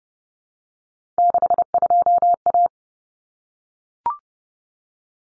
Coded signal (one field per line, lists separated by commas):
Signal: Morse code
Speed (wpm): 30 wpm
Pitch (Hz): 700 Hz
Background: none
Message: 62A